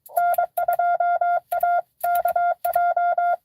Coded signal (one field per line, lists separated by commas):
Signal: Morse code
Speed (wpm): 22 wpm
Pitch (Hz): 700 Hz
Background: none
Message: N2AKJ